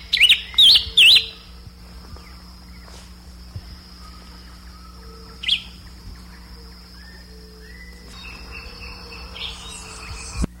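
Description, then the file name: Bird calls: three sharp, rapid chirps at the start, then quieter scattered notes over a steady background hum. "SABIOD"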